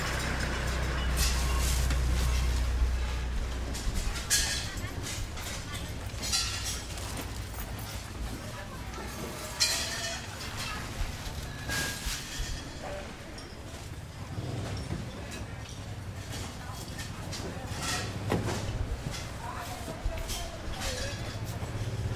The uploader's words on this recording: Packing away the market. Sounds of the walking street market being packed away in Chiang Mai, Thailand. Recorded by Alex Boyesen.